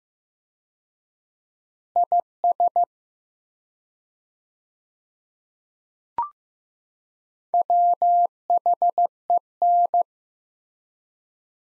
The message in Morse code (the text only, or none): IS WHEN